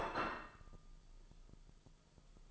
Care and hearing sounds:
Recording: daily activity, microphone in the room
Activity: place plate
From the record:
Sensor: 5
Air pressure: 995.4 hPa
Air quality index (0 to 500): 85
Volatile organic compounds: 4 ppm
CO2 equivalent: 1578 ppm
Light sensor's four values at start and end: 24/59/23/22 and 24/59/23/21

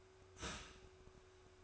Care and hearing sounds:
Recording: daily activity, microphone in the room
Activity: start toaster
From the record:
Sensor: 2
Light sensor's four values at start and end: 4/10/4/4 and 4/10/4/4

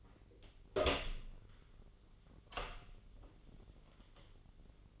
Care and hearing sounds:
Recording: daily activity, microphone in the room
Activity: open door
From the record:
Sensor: 4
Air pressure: 1010.0 hPa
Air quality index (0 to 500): 188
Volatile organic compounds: 3 ppm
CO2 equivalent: 1354 ppm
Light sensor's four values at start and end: 32/78/32/33 and 30/73/30/32

